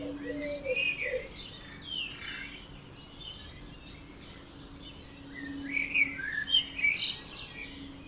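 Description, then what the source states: Birds: soft twittering, short chirpy phrases rising and falling, over a faint steady hum. Dawn chorus recorded at 4am in Oberhofen, Inntal, Austria; binaural recording.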